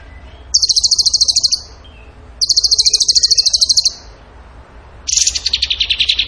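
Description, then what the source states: Bird song in high, rapid machine-gun trills, two long even rattles separated by a pause, followed by a lower, buzzier trill. Masteran (training song) of a bird singing in the gacor tembakan style.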